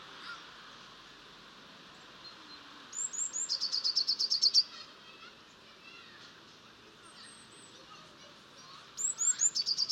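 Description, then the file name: Eurasian blue tit giving thin, high notes that run into a fast trill, heard twice with a quiet pause between, over soft background noise. "Cyanistes caeruleus"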